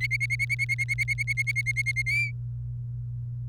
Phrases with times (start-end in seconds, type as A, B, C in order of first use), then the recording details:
0.01-2.02 A, 2.06-2.31 B. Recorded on 30 April 2018 at 07:29. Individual llb3